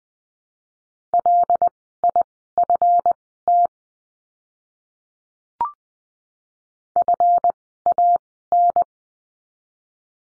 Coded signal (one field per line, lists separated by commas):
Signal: Morse code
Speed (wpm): 20 wpm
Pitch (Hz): 700 Hz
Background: none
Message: LIFT FAN